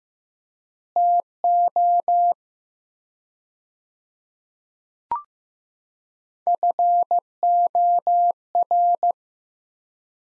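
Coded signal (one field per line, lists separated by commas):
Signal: Morse code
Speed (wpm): 15 wpm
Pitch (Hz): 700 Hz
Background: none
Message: TO FOR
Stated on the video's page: Morse practice drill, sets of two words at 15 wpm with 3x word spacing, Farnsworth-like method.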